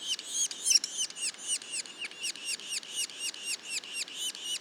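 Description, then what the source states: Yellow-bellied sapsucker calls, a brisk run of squeaky arched notes about four per second, one sharper squeak early on. Juveniles, recorded in Mont-Orford National Park, Quebec.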